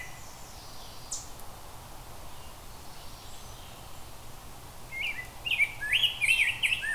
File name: Rose Breated Grosebeak